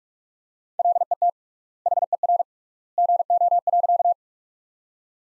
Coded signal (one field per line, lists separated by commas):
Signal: Morse code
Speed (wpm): 41 wpm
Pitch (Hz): 700 Hz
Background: none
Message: LET HER GO.